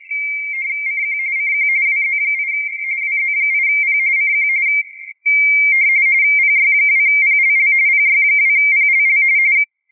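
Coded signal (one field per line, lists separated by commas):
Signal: RTTY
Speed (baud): 45.45 baud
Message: CQ CQ WZ8 WZ8P CQ PY2PLL PY2PLL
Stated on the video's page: QRP operation in the CQWW RTTY 2023 contest, possibly on 10m with 5W and a Moxon antenna.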